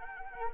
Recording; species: mosquito wingbeat signal from an infrared sensor; Anopheles arabiensis